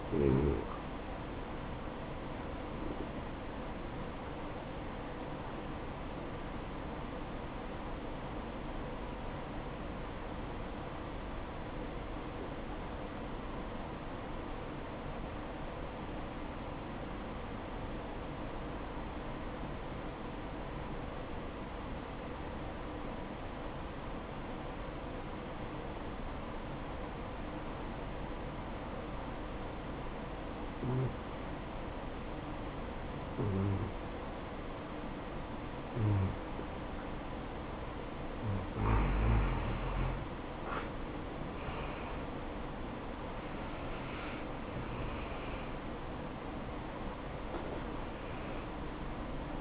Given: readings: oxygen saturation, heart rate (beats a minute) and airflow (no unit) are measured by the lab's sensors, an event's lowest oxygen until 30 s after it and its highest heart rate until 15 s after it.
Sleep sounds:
breathing in sleep by a voice recorder at the bedside; 1
8.00-38.00 s: new sleep stage, N2 (light sleep)
9.00-39.20 s: obstructive apnea (N2, oxygen 95% highest, then 85% lowest, heart rate 63 at the start, 76 highest)
38.00-49.61 s: new sleep stage, N1 (lightest sleep)
From the record:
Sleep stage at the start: N1 (lightest sleep); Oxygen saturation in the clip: 84 to 95%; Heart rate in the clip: 59 to 75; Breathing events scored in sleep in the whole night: 573 in 9.8 hours asleep

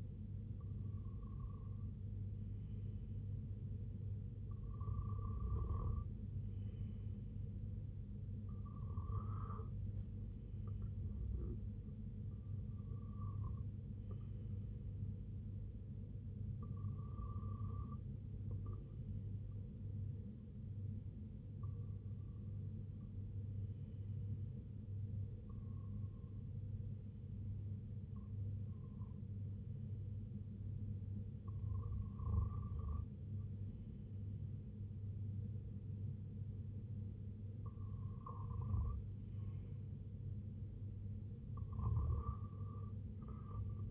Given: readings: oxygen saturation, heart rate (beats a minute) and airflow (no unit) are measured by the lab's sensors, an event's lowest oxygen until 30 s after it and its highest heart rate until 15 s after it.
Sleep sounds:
breathing in sleep by a smartphone at the bedside; none
none scored
From the record:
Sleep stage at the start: REM sleep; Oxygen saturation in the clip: 94 to 96%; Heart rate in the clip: 70 to 82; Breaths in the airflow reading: 11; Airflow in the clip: -5.2 to 3.1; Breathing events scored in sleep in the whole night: 258 in 7.4 hours asleep

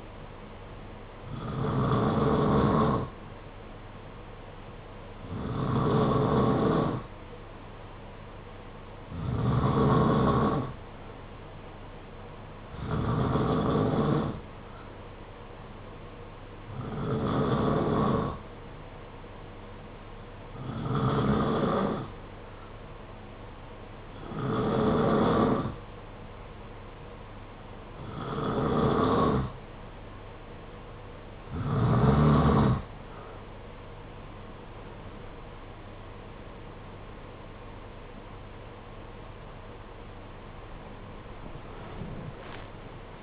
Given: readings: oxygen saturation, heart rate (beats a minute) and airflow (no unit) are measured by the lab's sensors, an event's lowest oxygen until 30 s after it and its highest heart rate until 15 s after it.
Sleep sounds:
breathing in sleep by a voice recorder at the bedside; 1
21.00-35.60 s: hypopnea (N2, oxygen 92% highest, then 91% lowest, heart rate 54 at the start, 71 highest)
From the record:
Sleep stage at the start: N2 (light sleep); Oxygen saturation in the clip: 91 to 92%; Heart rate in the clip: 52 to 67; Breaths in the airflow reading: 12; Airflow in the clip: -13.3 to 17.9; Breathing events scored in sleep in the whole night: 476 in 9.7 hours asleep

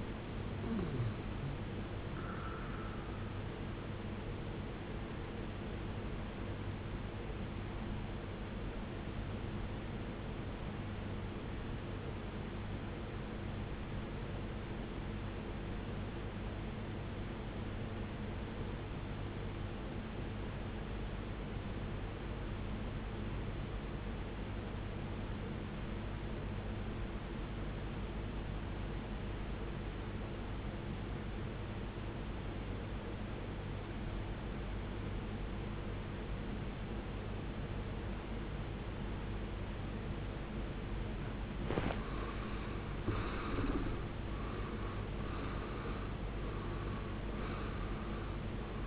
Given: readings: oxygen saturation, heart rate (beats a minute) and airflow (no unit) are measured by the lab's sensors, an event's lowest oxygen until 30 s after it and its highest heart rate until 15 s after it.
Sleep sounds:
breathing in sleep by a voice recorder at the bedside; 1
4.00-48.87 s: new sleep stage, REM sleep
10.00-41.80 s: obstructive apnea (REM, oxygen 95% highest, then 80% lowest, heart rate 60 at the start, 75 highest)
From the record:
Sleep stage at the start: N1 (lightest sleep); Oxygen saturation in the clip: 77 to 95%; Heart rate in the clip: 43 to 75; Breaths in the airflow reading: 4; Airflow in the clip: -17.0 to 16.8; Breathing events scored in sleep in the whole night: 389 in 6.3 hours asleep

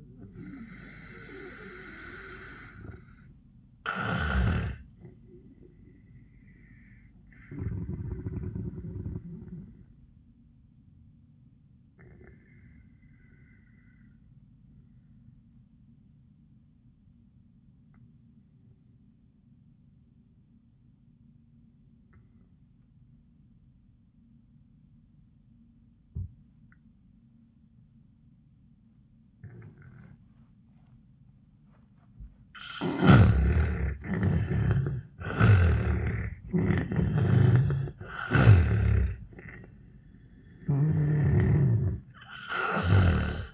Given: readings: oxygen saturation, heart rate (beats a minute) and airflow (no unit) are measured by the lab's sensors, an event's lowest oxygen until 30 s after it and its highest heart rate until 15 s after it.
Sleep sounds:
breathing in sleep by a smartphone at the bedside; 1
14.00-33.70 s: obstructive apnea (N1, oxygen 95% highest, then 77% lowest, heart rate 84 at the start, 94 highest)
From the record:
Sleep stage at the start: N1 (lightest sleep); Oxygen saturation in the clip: 75 to 95%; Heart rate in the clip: 71 to 97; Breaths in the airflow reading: 4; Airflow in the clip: -14.9 to 12.6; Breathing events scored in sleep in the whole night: 400 in 8.7 hours asleep

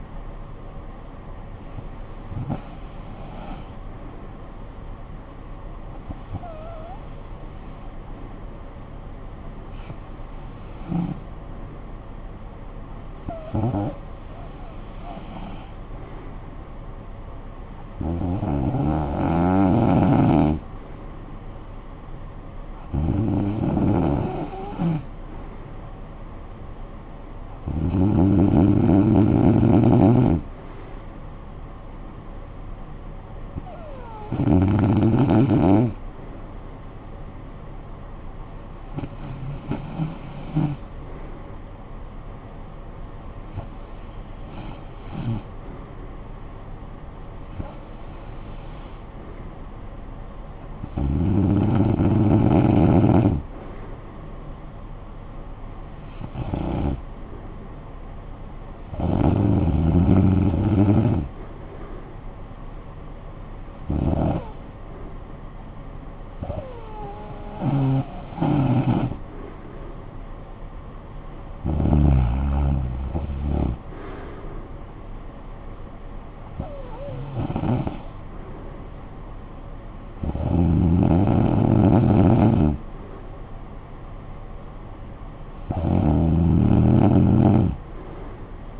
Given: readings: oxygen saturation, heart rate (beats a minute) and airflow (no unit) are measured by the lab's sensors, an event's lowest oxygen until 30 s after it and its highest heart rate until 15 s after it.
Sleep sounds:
breathing in sleep by a smartphone at the bedside; none
none scored
From the record:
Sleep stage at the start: REM sleep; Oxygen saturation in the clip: 91 to 93%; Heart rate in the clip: 56 to 67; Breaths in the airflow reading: 20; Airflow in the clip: -13.7 to 10.8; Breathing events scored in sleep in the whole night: 445 in 7.6 hours asleep

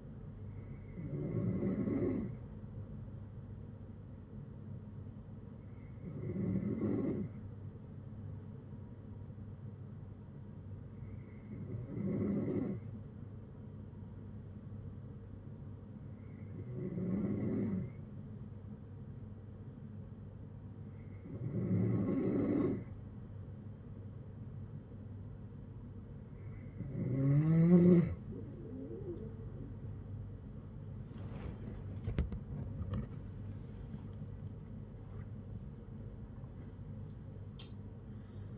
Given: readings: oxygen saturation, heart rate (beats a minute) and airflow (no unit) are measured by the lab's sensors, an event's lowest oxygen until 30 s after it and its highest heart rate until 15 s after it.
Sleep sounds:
breathing in sleep by a smartphone at the bedside; 1
12.00-33.60 s: hypopnea (N3, oxygen 94% highest, then 93% lowest, heart rate 62 at the start, 84 highest)
31.00-38.57 s: new sleep stage, N1 (lightest sleep)
From the record:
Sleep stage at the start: N3 (deep sleep); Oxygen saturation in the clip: 93 to 94%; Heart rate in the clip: 60 to 83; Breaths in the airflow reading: 8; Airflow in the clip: -11.7 to 11.9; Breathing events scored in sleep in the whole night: 182 in 7.4 hours asleep

